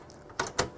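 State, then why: Seated. A hard drive is pushed into a bay of a Data Robotics Drobo storage enclosure while the retaining clip is held out of the way. A sharp click at 0.4 s shows it seating in place, and a second similar click follows at about 0.6 s.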